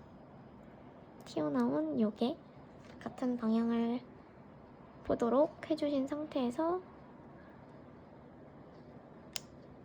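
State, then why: Seated. A square connector on a neon wire, turned so its protrusion faces the right way, is pressed onto the pointed pins of a power unit. Someone talks from about 1.3 to 6.8 seconds, then after a quiet stretch a short sharp click is heard at 9.4 s as the connector seats.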